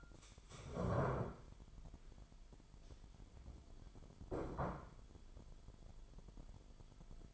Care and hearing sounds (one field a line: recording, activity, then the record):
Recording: daily activity, microphone in the room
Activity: stand up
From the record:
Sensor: 5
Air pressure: 998.6 hPa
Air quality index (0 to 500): 84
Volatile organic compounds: 1 ppm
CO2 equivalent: 958 ppm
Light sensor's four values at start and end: 52/125/52/58 and 55/133/56/62